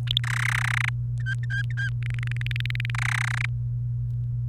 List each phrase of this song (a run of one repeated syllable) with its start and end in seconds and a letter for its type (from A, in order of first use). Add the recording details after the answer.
0.07-0.20 A, 0.23-0.89 B, 1.20-1.89 C, 2.03-2.90 D, 2.94-3.46 B. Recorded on 28 April 2018 at 16:39. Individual llb3